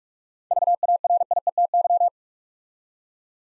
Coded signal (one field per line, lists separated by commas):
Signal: Morse code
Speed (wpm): 47 wpm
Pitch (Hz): 700 Hz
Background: none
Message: VARIETY